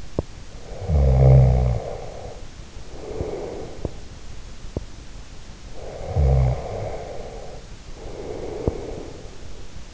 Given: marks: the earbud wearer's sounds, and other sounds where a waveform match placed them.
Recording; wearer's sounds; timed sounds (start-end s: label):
sounds in sleep by an in-ear microphone; teeth grinding, snoring breath
0.00-0.35 s: teeth grinding
0.62-3.94 s: snoring breath
4.61-4.91 s: teeth grinding
5.76-9.54 s: snoring breath
8.54-9.24 s: teeth grinding